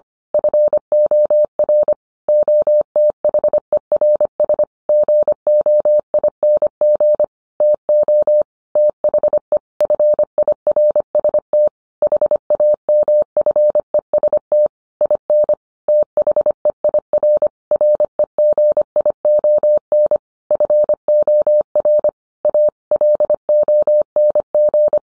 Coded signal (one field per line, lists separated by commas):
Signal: Morse code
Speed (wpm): 25 wpm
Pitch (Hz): 600 Hz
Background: none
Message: FOR OTHERS GOING TO THE FIRST HAMFEST IN THEIR REGION FOR A LONG